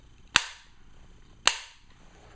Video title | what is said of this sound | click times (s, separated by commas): Aimpoint PRO Setup | and what I'm going to do is I'm going to tighten this till it clicks twice | 0.4 s, 1.5 s